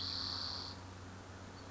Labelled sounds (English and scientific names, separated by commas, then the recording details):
Spotted Towhee (Pipilo maculatus)
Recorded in Sonoma County, California